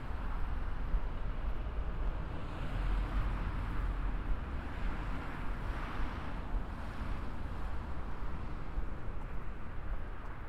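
A binaural field recording filled with a steady, dense rumble, like a vehicle or passing traffic. The deep low end dominates, with a hissing wash above it that swells slightly around three and six seconds. The level holds even throughout, with no distinct separate events.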